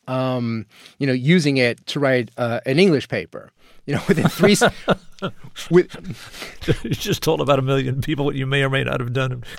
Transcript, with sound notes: you know, using it to write an English paper. You know, within three...
(Laughter) You just told about a million people what you may or may not have done